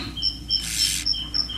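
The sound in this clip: Aulocara grasshopper song, a burst of dense high buzzy stridulation lasting about half a second, with thin repeated high notes around it.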